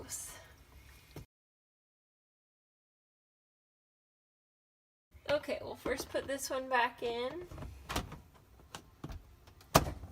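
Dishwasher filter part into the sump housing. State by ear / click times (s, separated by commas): seated / 9.8 s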